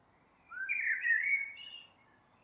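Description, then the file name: Blackbird singing one rich, low warbled phrase that ends in squeaky, high-pitched notes. "Turdus merula"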